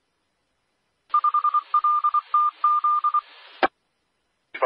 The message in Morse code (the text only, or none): 5LTZ